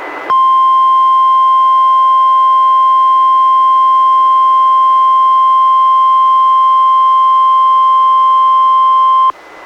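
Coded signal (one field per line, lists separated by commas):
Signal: Emergency Alert System (SAME) tones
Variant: 1050 Hz attention tone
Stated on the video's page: NWR Required Weekly Tests from KEC91 in Astoria, issued by NWS Portland and recorded from a Reecom R-1630 weather radio; the first was mistakenly toned statewide.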